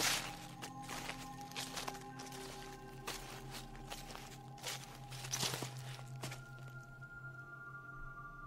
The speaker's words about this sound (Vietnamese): Đang thiêu thiêu ngủ, tự dưng anh nghe có tiếng bước chân người cứ sột xà sột soạt ở bên ngoài cửa.